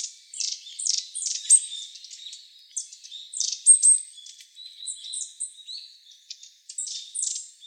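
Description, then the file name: Long-tailed tit calls, thin high chirps and short buzzy notes, many quickly repeated. "enaga"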